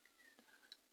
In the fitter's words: and it should snap right into place